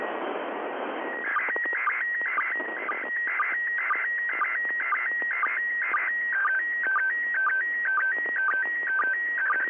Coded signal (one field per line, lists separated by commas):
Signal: SSTV (slow-scan television)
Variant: PD 120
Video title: International space station ISS SSTV Decode Satpc32 MMSSTV